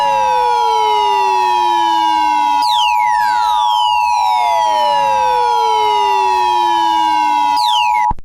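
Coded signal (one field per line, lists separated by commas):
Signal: Emergency Alert System (SAME) tones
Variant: 853 and 960 Hz attention tone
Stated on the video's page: Fictional EAS scenario.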